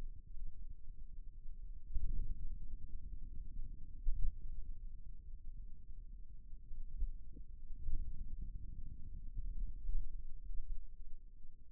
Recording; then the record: forearm muscle sounds (acoustic myography)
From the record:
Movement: finger pinch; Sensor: system 2, bracelet of six BSWA MPA416 microphones around the upper forearm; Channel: 3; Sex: male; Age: 22 years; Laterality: right